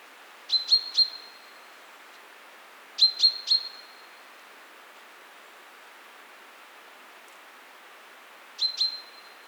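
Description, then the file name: Common chaffinch call notes, crisp high chips in bursts of two or three, with long pauses of two to five seconds between bursts; soft hiss throughout. "Fringilla coelebs"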